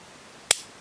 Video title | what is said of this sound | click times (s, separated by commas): Leatherman Wave Multi-Tool Review | if I can show you how this locks in a place to look at this bar right here it goes into that notch like | 0.5 s